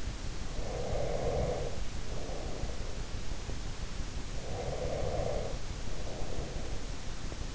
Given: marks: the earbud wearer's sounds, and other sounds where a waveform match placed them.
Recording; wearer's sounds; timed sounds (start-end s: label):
sounds in sleep by an in-ear microphone; breath
0.32-3.39 s: breath
4.19-7.54 s: breath